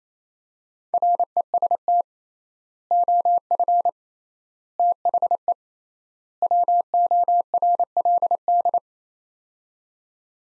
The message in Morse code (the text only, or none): REST OF THE WORLD